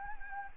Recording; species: mosquito wingbeat signal from an infrared sensor; Anopheles gambiae